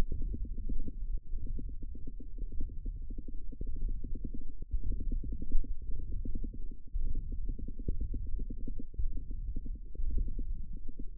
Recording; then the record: forearm muscle sounds (acoustic myography)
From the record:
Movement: hand opening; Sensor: system 1, eight BSWA MPA416 microphones around the upper forearm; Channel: 8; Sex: female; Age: 22 years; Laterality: right